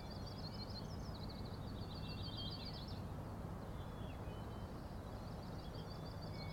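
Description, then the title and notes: Common nighthawk rattle: a rapid, pulsed buzzy trill for about three seconds, then quieter broken trills near the end, all over a steady low rumble. Rattles from three birds, later perhaps one, flying very close together in formation, passing near the recordist; 4am, 16 June 2017, Schoodic Head overlook, Acadia National Park, Winter Harbor, Maine. "Common Nighthawks, Schoodic Head 061617 4am. 3 common nighthawks making peenting calls and wings booms but also a rattling noise at the Overlook (410 ft) on Schoodic Head (435 feet) Schoodic division Acadia National Park Winter Harbor, ME"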